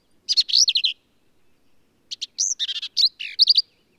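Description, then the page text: Black-capped Vireo song: a quick chattering phrase, a pause, then a longer run of whistles, buzzy rattles and bouncing chirps. Male, believed same individual throughout; endangered per U.S. Fish and Wildlife Service; phrases sung alone, truncated, embellished or run together, lively and emphatic; Kerr Wildlife Management Area, Hunt, Texas hill country. "Birdsong for the Curious Naturalist. Black-capped vireo"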